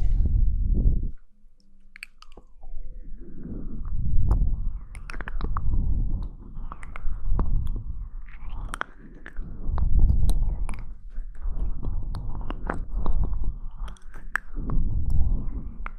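Mouth sounds of wet chewing and biting, with soft low crunches pulsing every second or two and sharp clicks and smacks scattered throughout.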